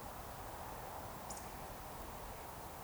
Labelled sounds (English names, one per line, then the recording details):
Eurasian Woodcock whistle
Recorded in Baden-Württemberg, Germany, on 13 June 2020 at 20:14 UTC
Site 43791, 788 m above sea level